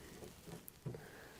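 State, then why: Not seated. A window track felt with plastic clips is handled against a crew cab truck's sheet-metal door frame, producing soft low rubbing and bumping sounds, a brief sharp tick near 0.7 s, and a louder dull knock around 0.9 s. Nothing has seated or clicked into place yet.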